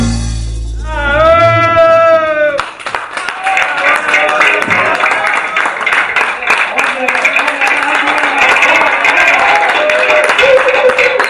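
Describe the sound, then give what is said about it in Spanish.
A brief rising vocal tone gives way to loud, dense audience applause that erupts suddenly and continues steadily to the end, with a voice faintly audible beneath the clapping. “Pero muy fuerte ese aplauso, por favor.”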